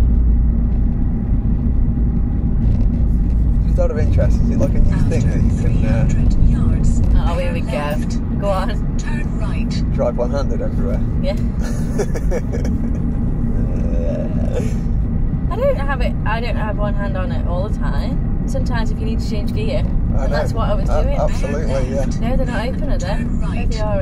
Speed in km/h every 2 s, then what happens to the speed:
45, 45, 47, 47, 48, 45, 44, 44, 45, 44, 40, 37.
0-19 steady at about 45. 19-24 slows to 37.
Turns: none.